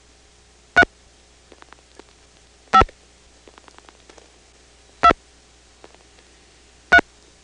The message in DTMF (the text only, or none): 3 5 2 3